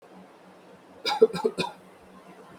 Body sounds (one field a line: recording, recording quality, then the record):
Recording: heavy voluntary cough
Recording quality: poor, much background noise or distortion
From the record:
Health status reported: COVID-19 positive, no symptoms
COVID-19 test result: positive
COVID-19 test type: RT-PCR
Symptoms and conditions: cough, cold, sore throat, fever, fatigue, asthma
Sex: male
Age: 20 years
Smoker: no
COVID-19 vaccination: both doses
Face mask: worn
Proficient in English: yes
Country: India